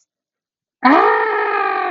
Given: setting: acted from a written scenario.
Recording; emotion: vocal sound without words; fear